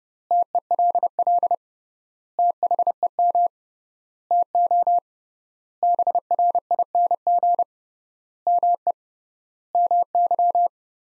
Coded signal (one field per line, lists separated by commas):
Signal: Morse code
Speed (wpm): 31 wpm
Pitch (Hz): 700 Hz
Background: none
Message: TELL THEM TO BRING ME MY